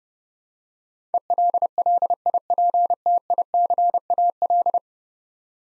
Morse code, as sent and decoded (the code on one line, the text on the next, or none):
. .-.. .-.. .. .--. - .. -.-. .- .-..
ELLIPTICAL